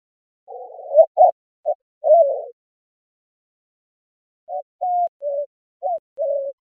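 White-winged dove cooing: a rough, slurred opening run of low hoots, a pause of two seconds, then five short, cleaner hooted notes in a steady phrase.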